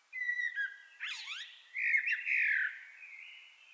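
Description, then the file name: Common blackbird calling with a thin steady note, then a scratchy burst and a louder strained, drawn-out squawk. "Turdus merula"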